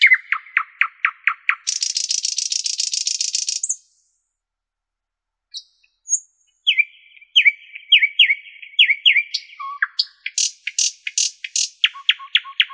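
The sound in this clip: Common nightingale song: quick sharp repeated notes, a long buzzy rattle, a pause, then slurred whistles and rapid varied phrases.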